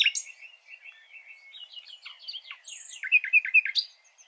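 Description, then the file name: Common nightingale song with soft varied chirps and a thin whistle, ending in several loud, rapid, sharply dropping notes and a high flick. "Luscinia megarhynchos"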